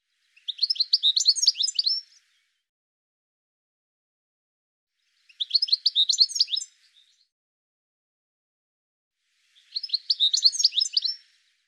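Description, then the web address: Bird song: three bursts of rapid, high, twittering notes, each about one and a half seconds long, with silence between. "cianscape birddata Deverinetal 2025 File cleaned normalized Bird"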